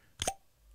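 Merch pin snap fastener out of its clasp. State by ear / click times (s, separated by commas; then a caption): released / 0.2 s. A merch pin's snap fastener is pulled open out of its clasp, giving a quick sharp snap at 0.2 s followed by a second, softer click at 0.3 s with a brief ringing tone that fades out. The fastener releases cleanly and is judged a quality snap.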